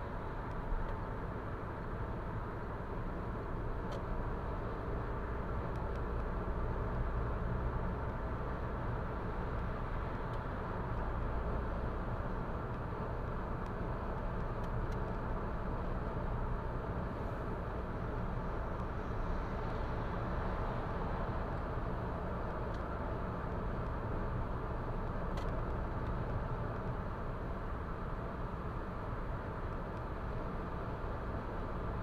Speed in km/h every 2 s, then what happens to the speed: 95, 100, 104, 108, 108, 106, 107, 108, 109, 109, 109, 109, 109, 107, 106, 106.
0-6 speeds up to 108. 6-32 steady at about 108.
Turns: none.